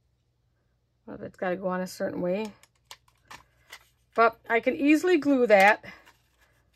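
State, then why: Not seated. Someone handles a detached plastic piece of a small decorative item, working it back onto its base after a first try failed, while someone talks. A few faint taps and light clicks are heard between about 2.8 and 3.7 seconds between the talking. Nothing has seated or clicked into place yet.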